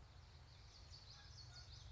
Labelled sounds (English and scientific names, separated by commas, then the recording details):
Common Yellowthroat (Geothlypis trichas)
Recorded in Sonoma County, California